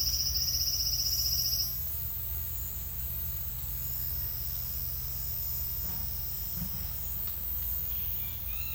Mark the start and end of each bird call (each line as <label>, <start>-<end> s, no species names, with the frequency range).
bird call (1.9-4.3 kHz), 8.00-8.75 s